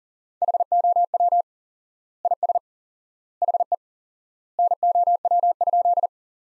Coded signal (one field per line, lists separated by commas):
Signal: Morse code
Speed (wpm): 40 wpm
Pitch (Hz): 700 Hz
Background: none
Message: HOW IS HE NOW?